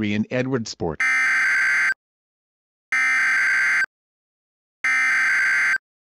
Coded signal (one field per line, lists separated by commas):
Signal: Emergency Alert System (SAME) tones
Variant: header bursts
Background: speech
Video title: Tornado Emergency (EAS MOCK)